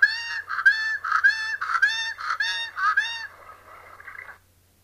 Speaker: Well, we'll insert a caracara call here.